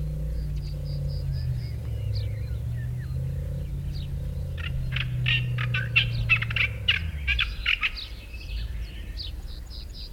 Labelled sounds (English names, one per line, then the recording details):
Olive-tree Warbler song
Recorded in the wild
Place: Primorsko, Burgas, BG
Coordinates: 42.268, 27.753
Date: 1974-06-01
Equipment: Nagra III BH, Sennheiser MD 21, parabola
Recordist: Schubert, Michael
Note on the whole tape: Gesang Olivenspötter